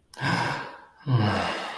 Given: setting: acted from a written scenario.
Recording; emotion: vocal sound without words; guilt